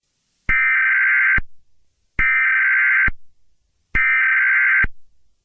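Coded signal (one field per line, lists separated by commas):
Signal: Emergency Alert System (SAME) tones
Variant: header bursts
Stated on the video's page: Fictional EAS scenario; events not real.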